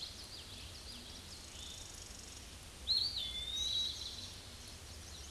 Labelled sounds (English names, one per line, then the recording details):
Eastern Wood-Pewee song
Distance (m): 10 m
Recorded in a Pennsylvania forest on 18 May 2023 at 07:19
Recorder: AudioMoth, point grid1_36_low
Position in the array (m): 121 m, 162 m